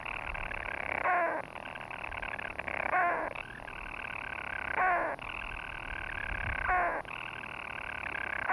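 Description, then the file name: European storm petrel churring purr, continuous and buzzy, interrupted about every two seconds by a quick hiccuping note before the purr resumes. "Storm Petrel (Hydrobates pelagicus)"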